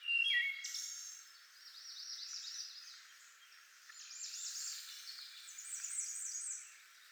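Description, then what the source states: Wood Thrush song, faint fluty phrases with quick high flourishes repeated every couple of seconds, after a brief clear whistle at the start, over a steady hiss. Nine songs.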